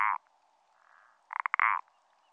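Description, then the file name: Common parsley frog calling: a brief croak, then a longer, stuttering, pulsed creak about a second later. "pelodyte-ponctué"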